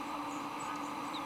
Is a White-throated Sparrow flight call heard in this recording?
no